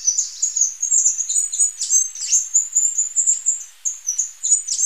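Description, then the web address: Blue-winged Mountain Tanager giving a continuous stream of high, thin twittering notes, rapid and slightly varied. Recorded in Ecuador. "Birds of Ecuador. Blue-winged Mountain-Tanager"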